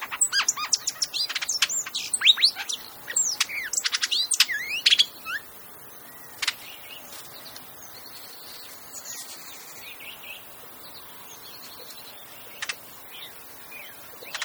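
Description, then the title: Hooded oriole call: a busy burst of high, varied chirps and whistles for about five seconds, then only a few scattered notes. Played example of its call. "What’s That Bird?: Hooded Oriole"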